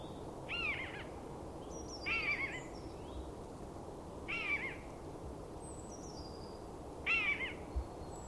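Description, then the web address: Bird calls: four wavering, harmonic notes a couple of seconds apart, with faint higher whistles and background hiss. "madarak enek"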